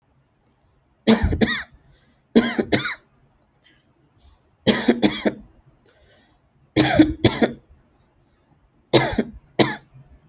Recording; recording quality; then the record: heavy voluntary cough; excellent, no background noise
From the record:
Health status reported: respiratory illness, not identified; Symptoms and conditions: asthma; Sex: male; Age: 39 years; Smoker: not ticked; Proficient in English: yes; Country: India